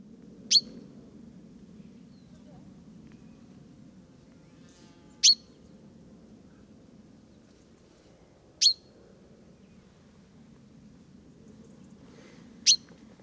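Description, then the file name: Common chaffinch calls: four short, sharp high notes spaced several seconds apart, over a steady low background hum. "Fringilla coelebs"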